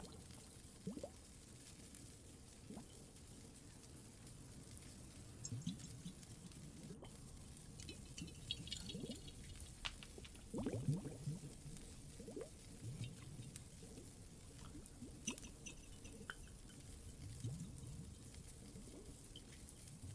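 Water in a cave drips and trickles over a low, rumbling bed, with irregular splashes and gurgles every second or two, the biggest around the eleven-second mark. Faint bright ticks and crackles come and go in the upper range, possibly the fire.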